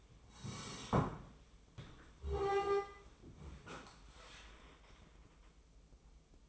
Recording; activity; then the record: daily activity, microphone in the room; sit down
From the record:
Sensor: 1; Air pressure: 1005.3 hPa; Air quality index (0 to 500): 124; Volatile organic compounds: 5 ppm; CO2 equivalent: 1738 ppm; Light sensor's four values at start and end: 11/26/10/11 and 11/27/11/12